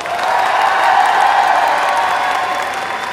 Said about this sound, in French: Alors, juste pour savoir, à l'applaudimètre, les fans de MacGyver, s'il vous plaît.